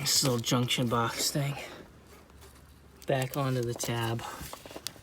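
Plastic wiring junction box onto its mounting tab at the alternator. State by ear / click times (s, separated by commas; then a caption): not seated / none. A small plastic wiring junction box at the alternator of a 2001–2005 Honda Civic is handled and slipped back toward its mounting tab during an alternator replacement. Someone talks for most of the clip, with faint handling noise, a quiet stretch, and a few sharp ticks near the end. Nothing has seated or clicked yet.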